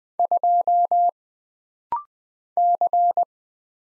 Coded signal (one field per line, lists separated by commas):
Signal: Morse code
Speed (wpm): 20 wpm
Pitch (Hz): 700 Hz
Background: none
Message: 2 C